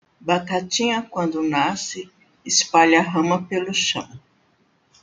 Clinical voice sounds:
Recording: short text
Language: Brazilian Portuguese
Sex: female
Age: 60 to 69 years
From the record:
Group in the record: control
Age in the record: 63 years

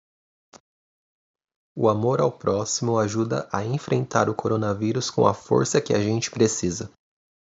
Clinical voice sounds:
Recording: spoken sentence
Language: Brazilian Portuguese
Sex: male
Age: 20 to 29 years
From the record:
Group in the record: control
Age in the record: 25 years

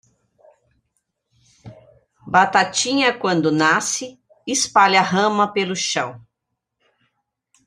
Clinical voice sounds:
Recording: short text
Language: Brazilian Portuguese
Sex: female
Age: 60 to 69 years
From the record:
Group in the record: control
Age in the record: 60 years

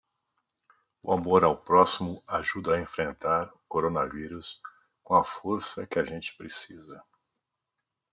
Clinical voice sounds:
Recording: spoken sentence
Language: Brazilian Portuguese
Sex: male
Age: 50 to 59 years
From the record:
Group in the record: control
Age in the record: 56 years

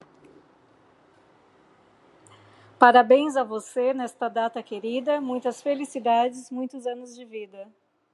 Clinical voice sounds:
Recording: short text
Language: Brazilian Portuguese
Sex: female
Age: 40 to 49 years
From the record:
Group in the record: control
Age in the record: 43 years

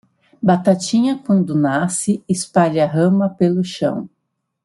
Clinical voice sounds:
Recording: short text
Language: Brazilian Portuguese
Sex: female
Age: 40 to 49 years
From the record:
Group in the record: control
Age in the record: 44 years

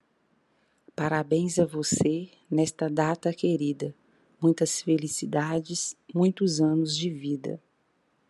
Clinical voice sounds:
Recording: short text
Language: Brazilian Portuguese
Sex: female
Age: 50 to 59 years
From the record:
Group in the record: control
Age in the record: 51 years

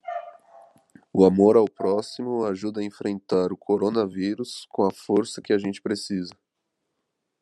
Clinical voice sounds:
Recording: spoken sentence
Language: Brazilian Portuguese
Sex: male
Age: 20 to 29 years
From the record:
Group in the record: control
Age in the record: 23 years

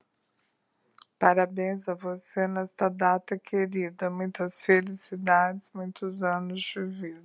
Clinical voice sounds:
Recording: short text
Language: Brazilian Portuguese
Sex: female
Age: 60 to 69 years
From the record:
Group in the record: control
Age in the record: 65 years

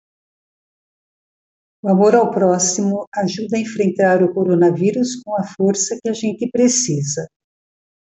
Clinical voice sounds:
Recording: spoken sentence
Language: Brazilian Portuguese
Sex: female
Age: 70 to 79 years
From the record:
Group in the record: control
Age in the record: 73 years

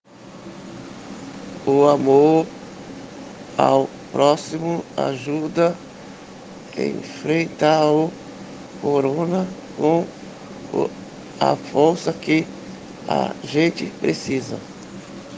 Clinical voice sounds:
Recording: spoken sentence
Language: Brazilian Portuguese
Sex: male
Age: 50 to 59 years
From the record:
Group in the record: respiratory insufficiency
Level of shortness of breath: 5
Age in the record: 55 years

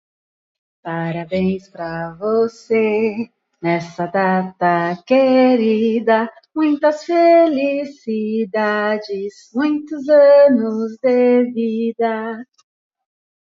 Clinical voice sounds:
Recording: short text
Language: Brazilian Portuguese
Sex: female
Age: 40 to 49 years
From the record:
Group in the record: control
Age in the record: 42 years

